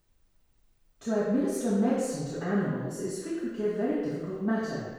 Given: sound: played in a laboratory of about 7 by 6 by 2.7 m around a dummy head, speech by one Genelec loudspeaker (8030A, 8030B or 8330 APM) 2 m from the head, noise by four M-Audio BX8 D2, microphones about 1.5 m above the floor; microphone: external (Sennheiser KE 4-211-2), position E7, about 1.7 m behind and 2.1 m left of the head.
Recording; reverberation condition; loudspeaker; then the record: female speech in English; high; 150 degrees to the left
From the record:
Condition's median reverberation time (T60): about 1300 ms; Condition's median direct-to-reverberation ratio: about -4.0 dB